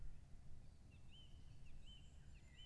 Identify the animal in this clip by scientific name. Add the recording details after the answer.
Turdus philomelos. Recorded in Germany. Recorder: ecoPi